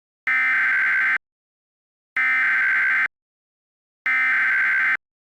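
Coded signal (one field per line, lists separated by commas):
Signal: Emergency Alert System (SAME) tones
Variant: header bursts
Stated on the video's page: Fictional EAS scenario, not a real alert.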